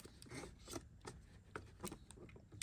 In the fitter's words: Just push it in till it clicks in.